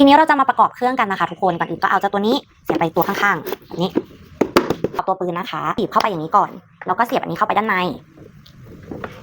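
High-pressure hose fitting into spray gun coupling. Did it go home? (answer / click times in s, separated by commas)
yes / 9.0 s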